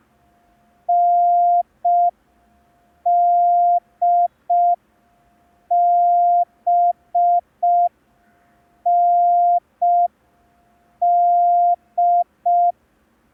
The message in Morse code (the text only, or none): NDBND